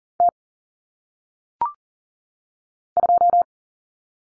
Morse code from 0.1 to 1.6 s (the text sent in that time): T